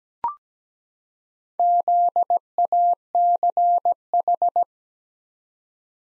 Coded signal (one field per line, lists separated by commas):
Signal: Morse code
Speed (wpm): 17 wpm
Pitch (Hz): 700 Hz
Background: none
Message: ZACH